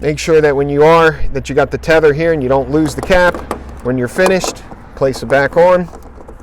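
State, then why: Not seated. Someone talks while handling a tethered gasoline filler cap beside a truck's fuel filler neck, about to place it back on. The clip ends before the cap goes home, so nothing has seated or clicked yet.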